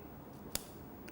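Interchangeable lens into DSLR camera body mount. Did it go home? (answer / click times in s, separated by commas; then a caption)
yes / 0.6 s. An interchangeable lens is pressed onto the mount of a Canon EOS 1100D DSLR body with the white dots aligned, then turned clockwise. A single sharp click at 0.6 s marks the bayonet locking, leaving the lens seated and tight, followed by a faint tick near 1.1 s.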